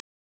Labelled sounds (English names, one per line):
Brown-throated Parakeet contact call